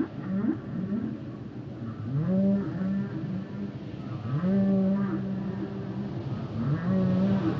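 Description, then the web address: Whale song of long low moans that rise then hold level, repeated with pauses, with faint higher sweeping tones above. "Natures Songs Whale Songs Whales and Dolphins - whale nature sounds songs"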